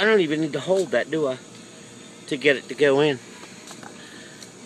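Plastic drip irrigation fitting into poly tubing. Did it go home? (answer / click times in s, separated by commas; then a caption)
no / none. A small plastic drip irrigation fitting is pushed one-handed into poly supply tubing while someone talks, followed by two quiet handling knocks at about 3.9 s and 4.4 s. There is no snap, so the fitting has not seated or clicked yet; it was pushed with one hand rather than two.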